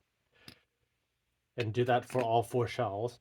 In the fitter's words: Make sure it clicks when it goes in, like that.